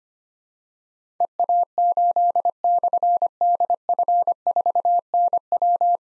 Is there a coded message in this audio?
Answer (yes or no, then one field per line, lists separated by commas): yes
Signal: Morse code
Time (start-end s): 1.2-6.0 s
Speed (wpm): 25 wpm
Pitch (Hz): 700 Hz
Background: none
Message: EA8/DF4NW